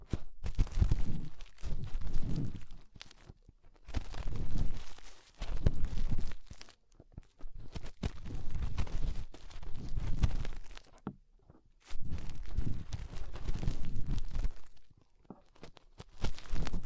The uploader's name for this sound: Inner Ear Cleaning Using Fingers